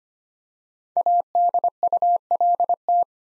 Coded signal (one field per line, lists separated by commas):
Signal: Morse code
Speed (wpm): 25 wpm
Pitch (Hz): 700 Hz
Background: none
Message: ADULT